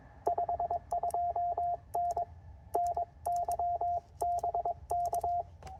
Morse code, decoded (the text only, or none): 52N NY BK